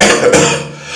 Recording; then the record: coughing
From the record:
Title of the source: Wet Throat Infection Cough